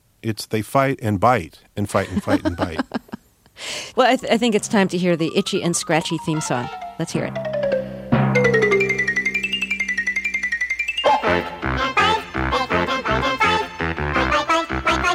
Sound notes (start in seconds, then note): 1.9 laughter; 7.1 singing